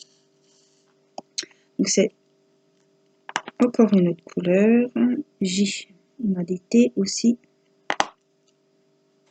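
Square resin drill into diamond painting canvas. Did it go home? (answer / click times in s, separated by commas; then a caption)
yes / 7.9 s, 8.0 s. Square resin drills are pressed into the remaining holes of a diamond painting canvas while someone talks, with a few brief ticks along the way. Sharp clicks at 7.9 and 8.0 seconds mark the drills seating, fitting well into the gaps.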